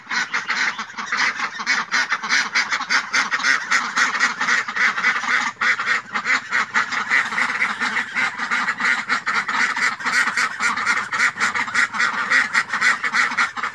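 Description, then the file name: Flock of domestic ducks quacking nonstop, a thick wall of overlapping raspy quacks with steady intensity from start to finish. "Tieng dan vit keu"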